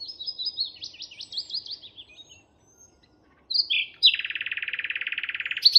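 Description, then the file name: Common nightingale song: a quick, slurred warbling run, a short pause, then a few loud notes leading into a rapidly pulsed rattle lasting almost two seconds. "Luscinia megarhynchos"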